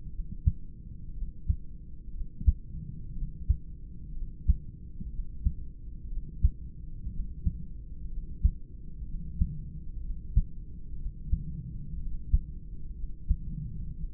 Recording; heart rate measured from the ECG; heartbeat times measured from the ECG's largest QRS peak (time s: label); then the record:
heart sounds by stethoscope; 61 bpm
0.10 s: heartbeat
1.12 s: heartbeat
2.11 s: heartbeat
3.13 s: heartbeat
4.12 s: heartbeat
5.09 s: heartbeat
6.07 s: heartbeat
7.10 s: heartbeat
8.08 s: heartbeat
9.04 s: heartbeat
10.00 s: heartbeat
10.96 s: heartbeat
11.96 s: heartbeat
12.93 s: heartbeat
13.94 s: heartbeat
From the record:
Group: heart failure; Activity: rest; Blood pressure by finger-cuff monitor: 103/63 mmHg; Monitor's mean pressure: 77 mmHg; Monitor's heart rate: 61 bpm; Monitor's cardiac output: 4.1 L/min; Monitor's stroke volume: 67 mL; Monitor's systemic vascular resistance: 1390 dyn s/cm5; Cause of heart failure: idiopathic cardiomyopathy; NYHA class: 2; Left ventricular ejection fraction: 17%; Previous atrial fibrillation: present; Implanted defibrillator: present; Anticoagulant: edoxaban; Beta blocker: bisoprolol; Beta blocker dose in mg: 7.5 twice daily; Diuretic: furosemide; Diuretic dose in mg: 20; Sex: male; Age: 63 years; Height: 160 cm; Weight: 69 kg